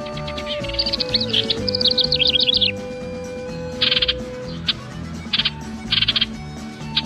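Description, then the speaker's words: House wren singing a fast, bubbly trilled phrase, then giving harsh, buzzy scolding chatters in short repeated bursts. Sings its song, then gives a scolding 'back off' call. "Here's the house wren singing its song and then giving its version of Yosemite Sam's "Back Off.""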